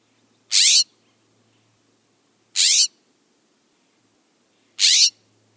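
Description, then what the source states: California scrub jay calls: three harsh, rasping notes, each under half a second, spaced about two seconds apart, otherwise quiet. Species expanding its range onto the Olympic Peninsula, with local sightings over the past couple of weeks and seen with increasing frequency in Seattle.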